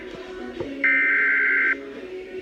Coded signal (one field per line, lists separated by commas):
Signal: Emergency Alert System (SAME) tones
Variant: header bursts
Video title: EAS #50 Severe Thunderstorm Warning